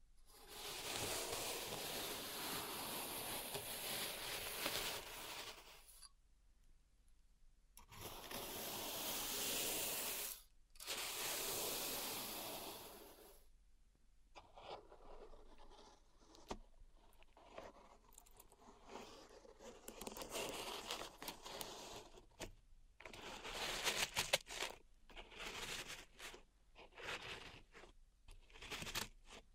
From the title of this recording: Pink Salt Zen Garden Triggers